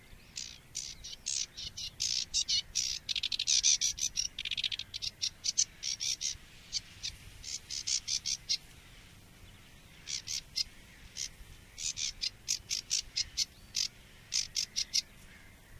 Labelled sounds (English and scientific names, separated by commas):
Sedge Warbler (Acrocephalus schoenobaenus) song